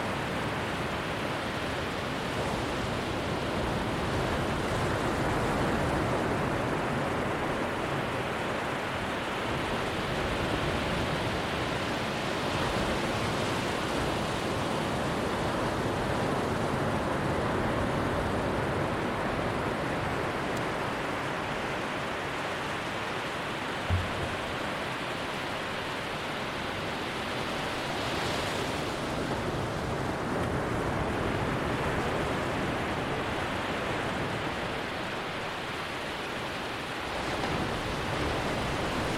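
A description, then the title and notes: Surf rolls in steadily along a beach, a dense, continuous wash of sound that barely changes in loudness over the whole stretch. A faint brighter hiss swells briefly near the end of the first half-minute, and a small thump sounds around twenty-four seconds. Brigentine Beach North.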